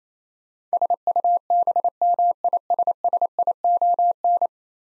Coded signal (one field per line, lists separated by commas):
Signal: Morse code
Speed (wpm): 28 wpm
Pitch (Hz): 700 Hz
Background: none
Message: SUBMISSION